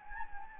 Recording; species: mosquito wingbeat signal from an infrared sensor; Anopheles gambiae